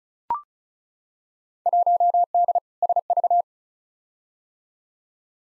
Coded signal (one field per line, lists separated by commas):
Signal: Morse code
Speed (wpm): 36 wpm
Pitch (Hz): 700 Hz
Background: none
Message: 1D SV